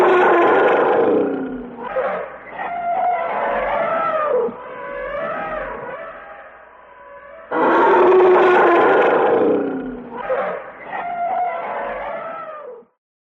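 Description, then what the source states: Elephants trumpeting: loud, harsh, wavering blasts in two main bursts, each followed by quieter calls, ending abruptly. Elephants trumpeting in rage, filmed in close-up.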